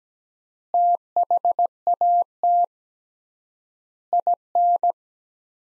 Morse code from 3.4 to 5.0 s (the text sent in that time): IN